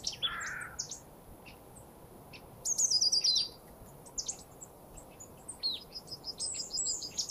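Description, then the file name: Marsh tit calls: sharp high chips and a quick buzzy run of repeated notes near three seconds, then more scattered high notes, with a brief lower chirp at the start. "Poecile palustris"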